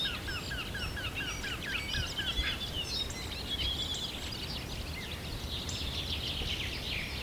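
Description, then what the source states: Birds: bird chorus opening with a falling note repeated several times a second, then overlapping trilled and warbled song from many birds. At sunrise.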